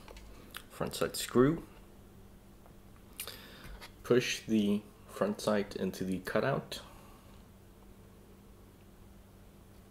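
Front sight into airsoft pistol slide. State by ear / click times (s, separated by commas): not seated / none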